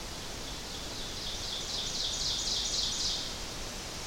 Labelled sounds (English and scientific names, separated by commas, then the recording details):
Ovenbird (Seiurus aurocapilla) song
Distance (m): 50 m
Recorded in boreal forest in Alberta, Canada, on 12 June 2016 at 06:08
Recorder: SongMeter 3, array SBT-3-18
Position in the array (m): 229 m, 89 m
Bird 31